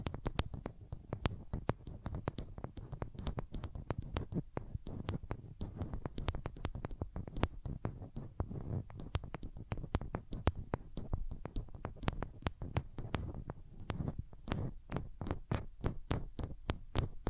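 Hands rub over the ears close up, giving a muffled, low rumbling rustle. Sharp crackling clicks and taps pop through constantly and irregularly, several each second, for the whole stretch without a pause or change in pace.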